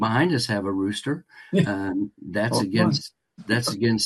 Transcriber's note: laughs